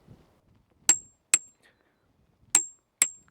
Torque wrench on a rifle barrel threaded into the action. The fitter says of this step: As you can hear there, I click it twice.